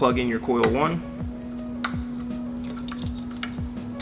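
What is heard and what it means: A wiring harness plug is pushed onto ignition coil 1 on an LS engine while someone talks over a steady hum. A sharp click at 1.8 seconds marks the connector seating, with its tight weather seal making the click audible, followed by a few faint ticks.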